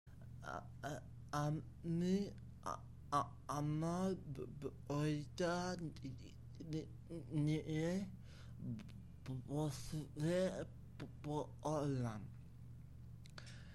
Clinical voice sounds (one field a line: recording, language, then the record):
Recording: elicited speech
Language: Bengali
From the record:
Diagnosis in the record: Broca's or global aphasia after a stroke